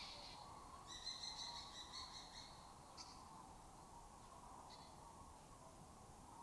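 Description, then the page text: Lesser kestrel calls: a quick run of sharp, evenly spaced notes lasting about a second and a half, then two brief single notes, over a faint insect drone. Migratory raptor that forages in West Africa and breeds in southern Europe; a colony has taken over an abandoned building in Doñana. "Lesser Kestrels Took Over an Abandoned Building. Here in Doñana"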